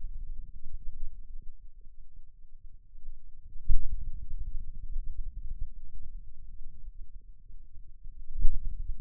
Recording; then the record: forearm muscle sounds (acoustic myography)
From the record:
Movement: pen grasping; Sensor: system 2, bracelet of six BSWA MPA416 microphones around the upper forearm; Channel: 1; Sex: male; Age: 22 years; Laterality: right